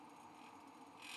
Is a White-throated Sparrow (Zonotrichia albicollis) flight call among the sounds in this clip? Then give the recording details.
no. No flight call is heard. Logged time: 10:50 on 5 December 2014